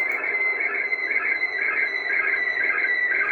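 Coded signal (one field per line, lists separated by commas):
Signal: SSTV (slow-scan television)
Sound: steady warbling, buzzing tone wavering around two kilohertz, continuous throughout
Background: radio static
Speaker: It should be painting across the screen right now.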